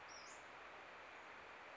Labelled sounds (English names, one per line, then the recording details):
Western Flycatcher
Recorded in Sonoma County, California